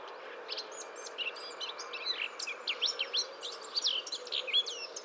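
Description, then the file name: Eurasian blackcap delivering a fast, continuous warble of clear whistles and slurred notes. "Sylvia atricapilla"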